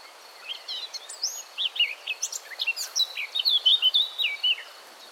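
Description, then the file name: Eurasian blackcap song, a quick stream of twisting, warbled notes building in loudness, with a faint steady high hum behind. "Sylvia atricapilla"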